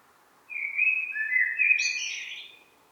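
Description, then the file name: Common blackbird song phrase: low, rich fluting notes sliding downward, finished with a thin, scratchy high flourish. "Turdus merula"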